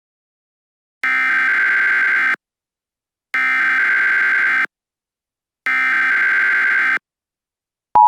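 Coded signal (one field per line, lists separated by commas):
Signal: Emergency Alert System (SAME) tones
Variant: header bursts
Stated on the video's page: Fictional EAS scenario, a simulated alert rather than a real broadcast.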